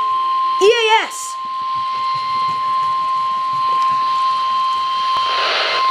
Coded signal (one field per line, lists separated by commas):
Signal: Emergency Alert System (SAME) tones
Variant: 1050 Hz attention tone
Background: speech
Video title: NOAA Weather Radio EAS #46: Winter Storm Warning